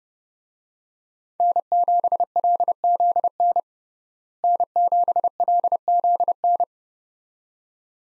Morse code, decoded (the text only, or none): N7LZN N7LZN